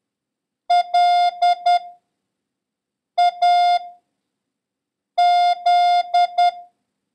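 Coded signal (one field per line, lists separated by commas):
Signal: Morse code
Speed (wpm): 10 wpm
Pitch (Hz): 710 Hz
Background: none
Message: L A Z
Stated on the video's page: Morse code lesson covering the @ symbol and the abbreviations AR, SK and DE, ending with a long random-character practice run.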